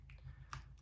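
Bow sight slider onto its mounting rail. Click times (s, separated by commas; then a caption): 0.1 s, 0.5 s. After the slider is unlocked, an Ultraview slider bow sight's slider body is pressed onto the bottom of its mounting rail. Two short, sharp clicks sound at 0.1 s and 0.5 s, the second one louder, over a steady low hum. The slider clicks on and is seated on the rail, ready to use.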